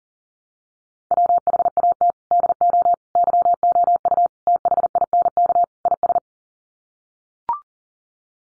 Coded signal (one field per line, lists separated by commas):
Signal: Morse code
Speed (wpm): 40 wpm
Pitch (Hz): 700 Hz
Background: none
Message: WHAT DO YOU THINK IS